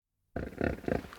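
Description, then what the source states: Hippopotamus grunts: after brief silence, a dense series of deep, rough, pulsing grunts rising and falling in loudness for about a second. Several hippos calling nearby in a river.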